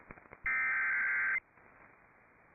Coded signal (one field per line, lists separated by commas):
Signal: Emergency Alert System (SAME) tones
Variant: header bursts